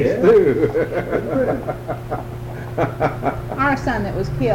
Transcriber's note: laughs